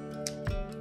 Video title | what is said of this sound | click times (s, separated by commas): Telesin Neck Ring Review -- Magnetic Neck Holder Mount for Action Cameras & Phones | that clicks open. | 0.3 s